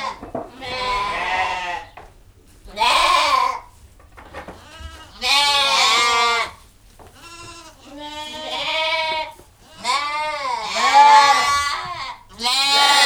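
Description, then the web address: Sheep bleating, many harsh quavering bleats coming one after another with brief gaps. Ewes on a farm. "Les brebis. un jour a la ferme"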